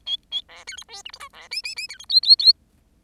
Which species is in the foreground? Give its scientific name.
Lonchura striata domestica